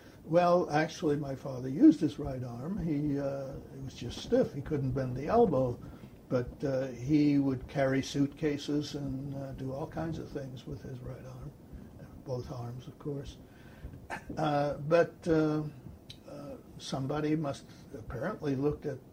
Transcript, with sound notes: Well, actually, my father used his right arm, it was just stiff—he couldn't bend the elbow, but he would carry suitcases and do all kinds of things with his right arm—and both arms, of course. (cough) But somebody must - apparently looked at